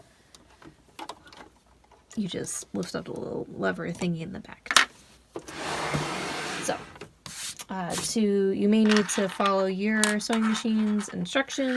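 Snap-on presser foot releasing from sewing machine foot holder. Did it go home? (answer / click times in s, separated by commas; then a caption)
released / 7.3 s. A small lever at the back of the snap-on presser foot holder on a low-shank sewing machine is lifted, and the metal presser foot releases from the holder with a sharp click at 7.3 s. Light rubbing and small handling taps come before it, and someone talks before and after.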